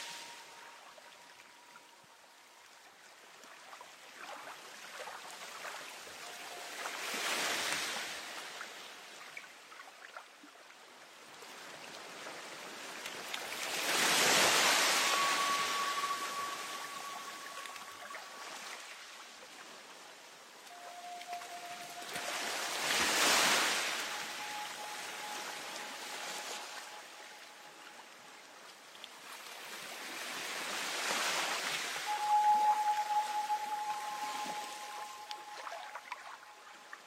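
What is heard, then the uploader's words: Waves wash in and out in slow hissing surges roughly every eight seconds, with faint thin sustained tones drifting in between them. Dreamy waves.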